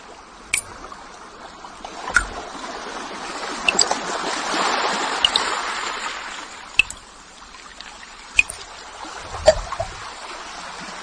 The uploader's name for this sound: The crisp ticking of the falling water and the waves of the water falling one by one